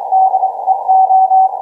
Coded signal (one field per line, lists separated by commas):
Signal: Morse code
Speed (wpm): 26 wpm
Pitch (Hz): 760 Hz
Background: none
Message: DE O